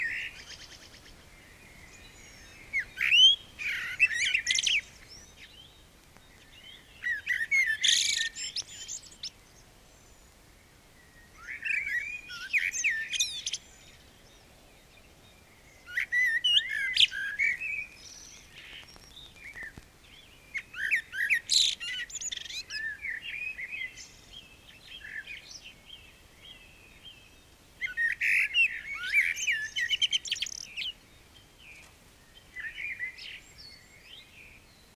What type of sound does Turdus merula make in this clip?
song